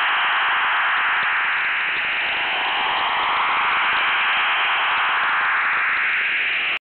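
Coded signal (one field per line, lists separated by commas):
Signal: HF data modem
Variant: STANAG 4285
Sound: steady wideband hissing data rush with faint rhythmic texture, constant throughout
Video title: [One Beep, Two Beeps] Beeping Stop & Switching to STANAG 4285; 2. August 2020, 15:50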